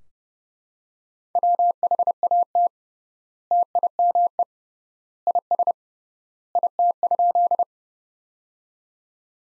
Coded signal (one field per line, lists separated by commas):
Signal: Morse code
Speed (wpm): 32 wpm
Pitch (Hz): 700 Hz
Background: none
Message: WHAT TIME IS IT?